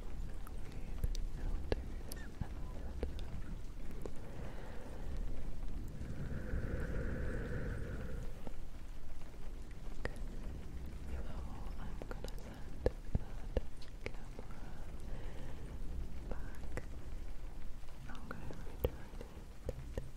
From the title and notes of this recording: ASMR dark lofi camera setup in the rain - fluffy mic sounds, tktk, sksk and more.